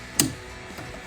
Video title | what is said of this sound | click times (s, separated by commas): 2019-2024 3.6L RAM 1500 AFE Rapid Induction Cold Air Intake Review & Install | Ce clic satisfaisant. | 0.2 s